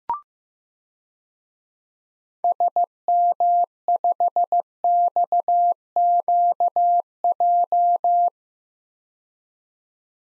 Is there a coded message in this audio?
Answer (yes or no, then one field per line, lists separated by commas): yes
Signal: Morse code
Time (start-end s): 2.4-8.3 s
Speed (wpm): 15 wpm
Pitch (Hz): 700 Hz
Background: none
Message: SM5XQJ